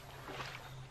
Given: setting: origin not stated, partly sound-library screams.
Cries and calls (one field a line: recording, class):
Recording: one-second piece from a danger detection set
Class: normal situation